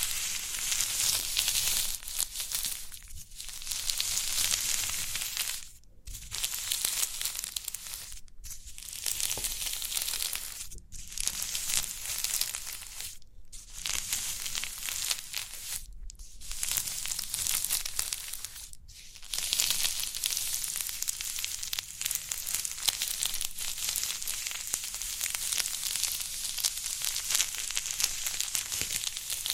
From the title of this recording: Crinkly Pimple Popping